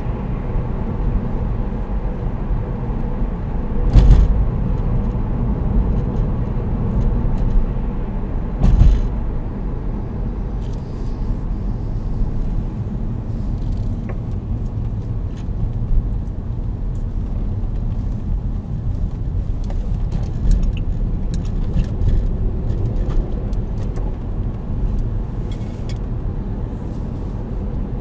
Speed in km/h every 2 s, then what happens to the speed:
65, 63, 62, 62, 59, 43, 35, 32, 31, 27, 23, 26, 35, 41.
0-19 slows to 23. 21-28 speeds up to 41.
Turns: 15-21.